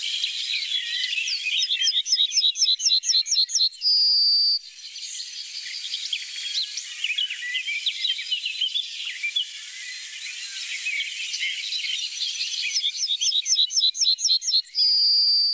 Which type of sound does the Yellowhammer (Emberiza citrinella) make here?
song